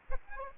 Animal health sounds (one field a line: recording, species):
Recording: mosquito wingbeat signal from an infrared sensor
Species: Aedes aegypti